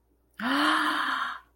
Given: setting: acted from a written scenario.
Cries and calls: vocal sound without words; positive surprise

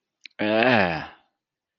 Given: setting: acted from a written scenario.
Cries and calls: vocal sound without words; shame

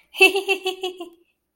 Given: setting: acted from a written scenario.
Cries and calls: vocal sound without words; contentment

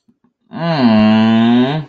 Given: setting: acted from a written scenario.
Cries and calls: vocal sound without words; romantic love

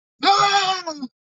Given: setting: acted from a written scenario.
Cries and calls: vocal sound without words; fear

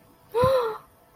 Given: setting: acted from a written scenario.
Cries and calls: vocal sound without words; fear

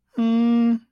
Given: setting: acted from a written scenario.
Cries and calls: vocal sound without words; neutral

